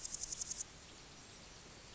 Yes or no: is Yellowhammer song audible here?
no